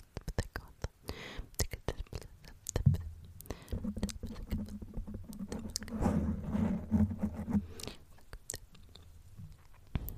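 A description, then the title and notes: Soft, unintelligible whispering and wet mouth sounds, with quick tapping and clicking scattered throughout. From about three to eight seconds a low, steady hum sits beneath the whispers, then fades, leaving sparse clicks and taps. There are quite a bit of mouth sounds, and I also added in random triggers I’ve been wanting to try out.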